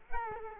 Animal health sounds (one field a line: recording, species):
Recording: mosquito wingbeat signal from an infrared sensor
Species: Culex quinquefasciatus